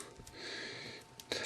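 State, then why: Seated. A removable plastic mask is pressed onto the head of a Marvel Select Iron Man 2 War Machine action figure, where pegs plug it in place. After a soft rustle and a faint tick, a short sharp tap at 1.3 s marks the mask popping on and seating.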